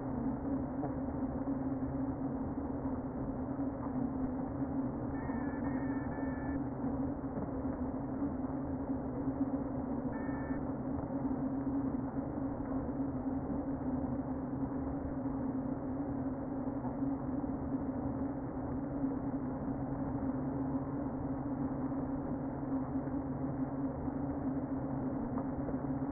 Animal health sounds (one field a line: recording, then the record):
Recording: honeybee colony, microphone inside the hive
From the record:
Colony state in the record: queen present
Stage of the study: before two queens were removed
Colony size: about 60,000 bees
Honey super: yes